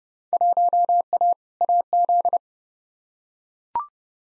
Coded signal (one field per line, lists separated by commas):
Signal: Morse code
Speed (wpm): 31 wpm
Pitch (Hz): 700 Hz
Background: none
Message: 1A AZ